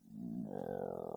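A brief, low, tonal rumbling grumble rising in pitch: an adult's stomach growling (borborygmi), a tummy grumble sound effect.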